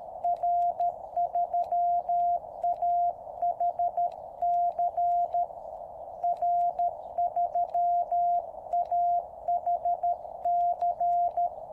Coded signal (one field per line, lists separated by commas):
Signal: Morse code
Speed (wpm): 13 wpm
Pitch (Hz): 690 Hz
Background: radio noise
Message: R3AHC R3AHC